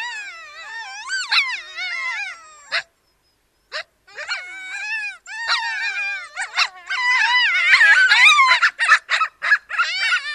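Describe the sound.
Ethiopian wolf: ethiopian wolves in a dense wavering chorus of yelps, with a short pause near three seconds, then building to loud, crowded overlapping cries toward the end.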